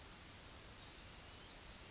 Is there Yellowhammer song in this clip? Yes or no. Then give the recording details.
yes. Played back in grassland. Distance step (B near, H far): F. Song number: 005